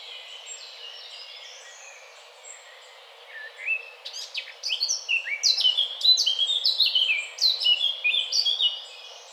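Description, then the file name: Eurasian blackcap song starting with soft scattered notes, then building into a loud, fast, fluty warble of slurred whistles over the last five seconds. "Sylvia atricapilla"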